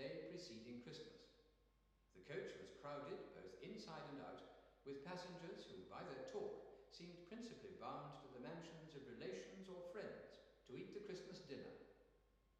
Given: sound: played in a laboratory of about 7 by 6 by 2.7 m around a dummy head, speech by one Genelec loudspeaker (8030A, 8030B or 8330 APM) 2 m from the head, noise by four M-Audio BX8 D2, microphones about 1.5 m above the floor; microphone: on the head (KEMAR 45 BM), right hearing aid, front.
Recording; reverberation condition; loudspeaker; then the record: male speech in English; high; 120 degrees to the right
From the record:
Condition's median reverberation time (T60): about 1300 ms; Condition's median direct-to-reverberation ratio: about -4.0 dB